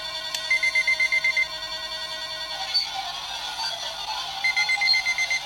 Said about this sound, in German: Dann mach ich einfach meinen Wecker an.